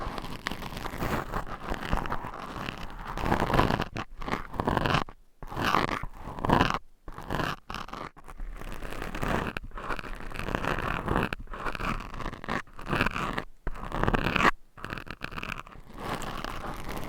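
Mic scratching fills the clip with dense, rasping scrapes and crunches that run almost without pause. The texture is bright and gritty, swelling and easing in strokes, with several abrupt dead-silent gaps between about 4 and 15 seconds.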